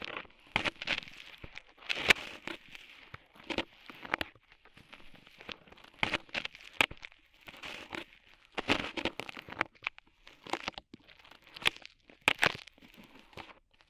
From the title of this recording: Tingly Ear Cleaning Rhinestone & Clay Removal